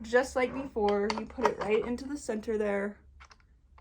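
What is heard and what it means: Someone talks while pushing a 58mm plastic die piece into the centre of the base of a Caydo 3-in-1 button and magnet maker press, lined up with its groove and notch and facing away from the lever. Faint handling ticks follow near the end, but the die has not seated or clicked yet.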